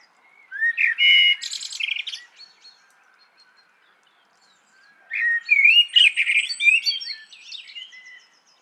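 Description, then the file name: Common blackbird song: two phrases of low mellow fluted warbling, each ending in a high squeaky twittering flourish, separated by a pause of silence. "Turdus merula"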